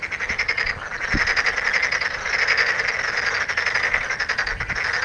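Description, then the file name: Tokyo Daruma pond frog, a thick rattling mass of pulsed croaks, with a few low thuds underneath. "frog tokyo-daruma-gaeru"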